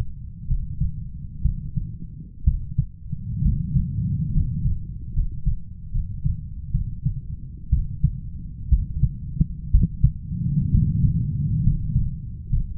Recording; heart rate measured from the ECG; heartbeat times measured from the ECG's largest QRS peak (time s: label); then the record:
heart sounds by stethoscope; 65 bpm
0.47 s: heartbeat
1.42 s: heartbeat
2.44 s: heartbeat
3.42 s: heartbeat
4.32 s: heartbeat
5.13 s: heartbeat
5.91 s: heartbeat
6.71 s: heartbeat
7.70 s: heartbeat
8.69 s: heartbeat
9.71 s: heartbeat
10.71 s: heartbeat
11.63 s: heartbeat
12.49 s: heartbeat
From the record:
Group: healthy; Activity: rest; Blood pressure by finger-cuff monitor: 130/75 mmHg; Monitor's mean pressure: 91 mmHg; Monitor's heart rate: 63 bpm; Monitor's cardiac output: 7.3 L/min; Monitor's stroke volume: 113 mL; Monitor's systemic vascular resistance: 940 dyn s/cm5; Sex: male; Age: 23 years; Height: 178 cm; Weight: 96.6 kg